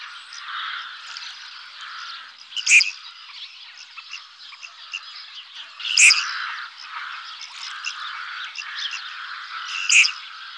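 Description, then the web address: Red-crested pochard calls: sharp, loud sneezing notes roughly every three to four seconds above a steady bed of chattering, wheezy calls from several birds. "hdykstra krooneend"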